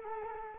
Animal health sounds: mosquito wingbeat signal from an infrared sensor; Culex quinquefasciatus

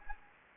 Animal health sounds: mosquito wingbeat signal from an infrared sensor; Anopheles gambiae

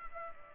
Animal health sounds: mosquito wingbeat signal from an infrared sensor; Culex pipiens

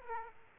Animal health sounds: mosquito wingbeat signal from an infrared sensor; Aedes aegypti

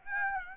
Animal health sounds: mosquito wingbeat signal from an infrared sensor; Aedes aegypti

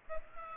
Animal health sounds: mosquito wingbeat signal from an infrared sensor; Aedes aegypti

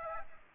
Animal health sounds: mosquito wingbeat signal from an infrared sensor; Aedes aegypti

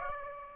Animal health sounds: mosquito wingbeat signal from an infrared sensor; Aedes aegypti

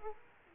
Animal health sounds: mosquito wingbeat signal from an infrared sensor; Aedes aegypti

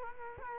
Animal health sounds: mosquito wingbeat signal from an infrared sensor; Culex quinquefasciatus

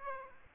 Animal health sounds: mosquito wingbeat signal from an infrared sensor; Aedes aegypti

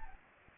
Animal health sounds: mosquito wingbeat signal from an infrared sensor; Anopheles gambiae

